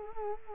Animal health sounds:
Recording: mosquito wingbeat signal from an infrared sensor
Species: Culex quinquefasciatus

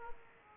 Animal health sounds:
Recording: mosquito wingbeat signal from an infrared sensor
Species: Aedes aegypti

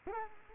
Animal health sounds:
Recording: mosquito wingbeat signal from an infrared sensor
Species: Culex quinquefasciatus

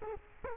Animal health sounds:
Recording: mosquito wingbeat signal from an infrared sensor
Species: Culex quinquefasciatus

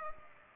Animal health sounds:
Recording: mosquito wingbeat signal from an infrared sensor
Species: Culex pipiens

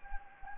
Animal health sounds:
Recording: mosquito wingbeat signal from an infrared sensor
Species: Anopheles gambiae

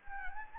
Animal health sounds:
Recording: mosquito wingbeat signal from an infrared sensor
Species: Anopheles gambiae

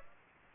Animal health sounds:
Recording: mosquito wingbeat signal from an infrared sensor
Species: Aedes aegypti

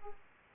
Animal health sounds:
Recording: mosquito wingbeat signal from an infrared sensor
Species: Aedes aegypti

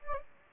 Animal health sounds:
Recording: mosquito wingbeat signal from an infrared sensor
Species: Anopheles gambiae

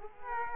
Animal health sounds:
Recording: mosquito wingbeat signal from an infrared sensor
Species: Culex quinquefasciatus

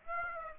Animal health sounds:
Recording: mosquito wingbeat signal from an infrared sensor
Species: Aedes aegypti

